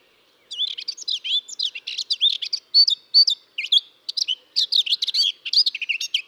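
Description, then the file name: Eurasian blackcap song: a fast, scratchy warble of varied chirps and short whistles running almost without pause for about six seconds. "Sylvia atricapilla"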